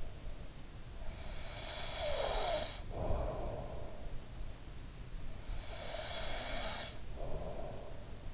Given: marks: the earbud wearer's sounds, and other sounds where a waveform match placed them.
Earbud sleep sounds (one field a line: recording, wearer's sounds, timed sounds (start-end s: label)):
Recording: sounds in sleep by an in-ear microphone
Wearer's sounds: breath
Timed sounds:
0.91-4.34 s: breath
5.49-8.34 s: breath